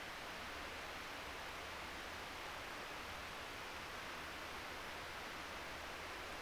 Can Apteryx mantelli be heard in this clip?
no